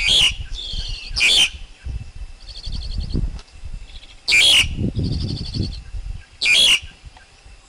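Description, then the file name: Black-collared Starling song with four loud, rasping, clipped bursts spaced unevenly. Quieter buzzy rattling notes fill the gaps. Wild forest bird's song, used for teaching young birds to sing. "Tieng chim ca cuong rung tap chim con hot"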